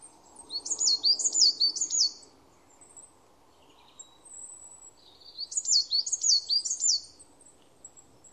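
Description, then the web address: Bird giving high, thin chirps in two quick bursts of rapid, rising-and-falling notes separated by a few seconds of quiet, over a soft low hum. "cianscape birddata Deverinetal 2025"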